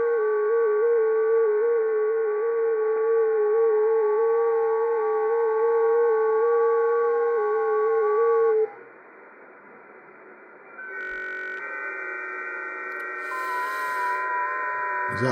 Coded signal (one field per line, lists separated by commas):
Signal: FT8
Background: speech